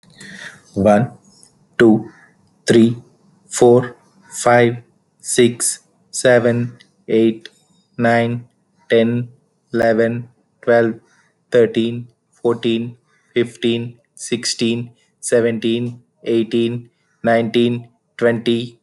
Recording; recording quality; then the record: counting at a normal pace; excellent, no background noise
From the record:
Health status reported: healthy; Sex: male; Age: 33 years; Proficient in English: yes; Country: India